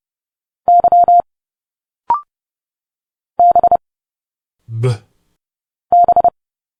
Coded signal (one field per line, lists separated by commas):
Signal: Morse code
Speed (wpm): 30 wpm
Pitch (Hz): 700 Hz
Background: speech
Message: Y B B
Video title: Morse code 30 wpm - Letters A to Z - Direct sound conversion